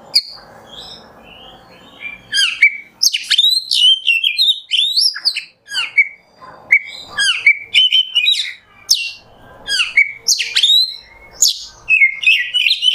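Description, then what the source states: Oriental magpie-robin in sustained song, loud clear whistles and chattering notes repeated in quick, varied phrases almost without pause. Indonesian kacer masteran, a tutor song for training songbirds, in the nembak song style.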